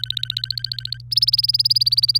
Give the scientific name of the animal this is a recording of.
Serinus canaria